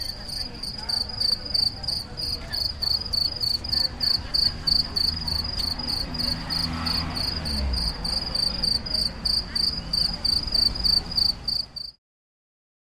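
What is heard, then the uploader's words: A cricket chirps loudly in rapid, regular pulses, over a low rumble of city traffic and faint voices, stopping abruptly near the end. Ridiculously Loud Cricket. Lloret de Mar, Spain, october 2017. A warm evening after the sunset, on the city promenade, a cricket chirps very loudly in the tree.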